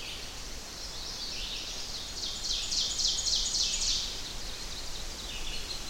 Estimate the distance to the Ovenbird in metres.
about 45 m